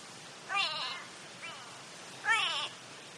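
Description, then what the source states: Grey go-away-bird calls: two loud, drawn-out nasal cries with a fainter shorter one between them, over a steady background hiss. Africa.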